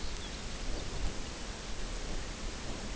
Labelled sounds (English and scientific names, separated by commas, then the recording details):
Lapland Longspur (Calcarius lapponicus)
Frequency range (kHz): Lapland Longspur (Calcarius lapponicus) 3.0-4.8 kHz
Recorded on Arctic tundra, site UTQI-0, on 14 June 2019
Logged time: 16:00